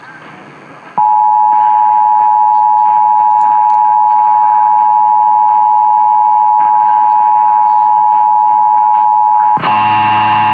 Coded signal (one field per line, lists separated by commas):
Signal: Emergency Alert System (SAME) tones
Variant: 853 and 960 Hz attention tone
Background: music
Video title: New York City RMTs (2/9/22)(EAS 1082-1084)